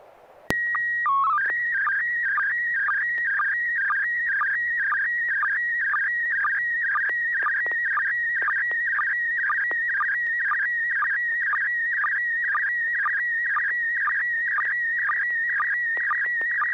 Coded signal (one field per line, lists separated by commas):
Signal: SSTV (slow-scan television)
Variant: PD 120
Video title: N6NA SSTV Net - 11/18/2020